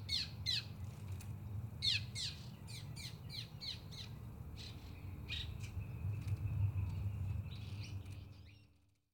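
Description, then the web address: Bird chirping in a rapid series of sharp descending notes over a low steady city hum, fading out at the end. Recorded in a city park amid big-city noise. "Großstadtgeraeusche stadtpark vögel flugeuge etc"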